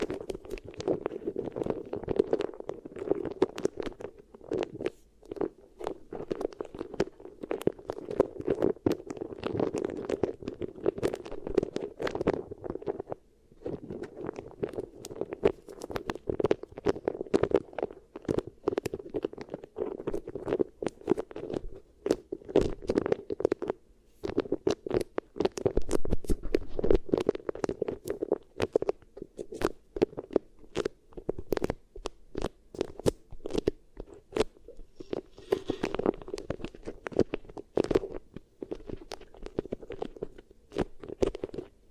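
Beeswax ear triggers: dense, continuous sticky crackling and squishing with many sharp clicks scattered throughout. A low, muffled rumbling texture runs underneath nearly the whole time, with brief quieter pauses around 13 seconds and a louder, fuller stretch near 26 seconds.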